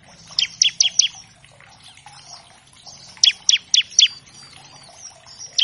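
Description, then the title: Bar-winged Prinia song: two rapid runs of four sharp, falling chirps, followed by softer whistled notes. Master track for training captive songbirds of all kinds, meant as a lure to get birds singing quickly. "Masteran Ciblek Gacor Vs Kenari Gacor Untuk Masteran Semua Jenis Burung. Pancingan Ciblek bahan agar cepat bunyi. Burung Ciblek"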